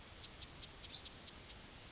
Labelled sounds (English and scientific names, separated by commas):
Yellowhammer (Emberiza citrinella) song